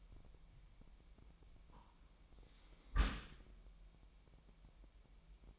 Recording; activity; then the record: daily activity, microphone in the room; close dishwasher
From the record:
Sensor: 1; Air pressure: 998.2 hPa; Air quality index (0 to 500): 140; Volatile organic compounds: 4 ppm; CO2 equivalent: 1678 ppm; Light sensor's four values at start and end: 16/54/21/22 and 16/54/21/22